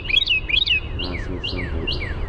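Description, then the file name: Carolina wren song, two bright rolling phrases at the start, followed by softer downslurred notes and a low background hum. "CARW song"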